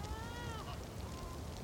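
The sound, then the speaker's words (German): A small child cries in a lonely, snowy wilderness, right after a fox's cry, in a thin, high, wavering wail that rises and falls in drawn-out sobs, steady and fairly loud over a rough, noisy background. “Da hören sie einen Fuchsschrei und gleich darauf das Weinen eines kleinen Kindes.”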